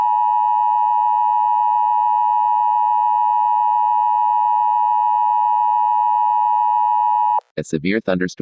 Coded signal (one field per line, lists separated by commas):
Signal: Emergency Alert System (SAME) tones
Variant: 853 and 960 Hz attention tone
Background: speech